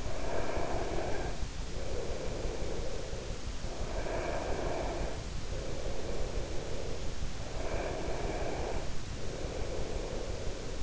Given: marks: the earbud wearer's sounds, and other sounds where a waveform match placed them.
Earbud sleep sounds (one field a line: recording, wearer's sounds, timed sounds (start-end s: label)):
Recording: sounds in sleep by an in-ear microphone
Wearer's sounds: breath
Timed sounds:
0.00-7.27 s: breath
7.40-10.83 s: breath